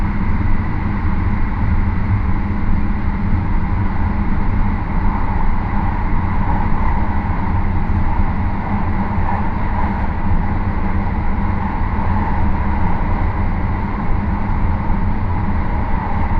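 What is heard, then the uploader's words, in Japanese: Inside a rapid train running from Takamatsu to Okayama, a steady low rumble and hum of wheels and motors continues without break. 予讃線 快速マリンライナー40号 高松→岡山。日も暮れてしまった。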